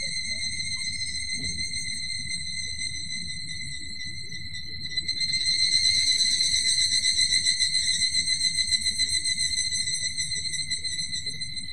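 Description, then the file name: Evening cicada calls, a steady high ringing drone joined after a few seconds by a louder pulsing trill that gradually fades back down. "higurashi"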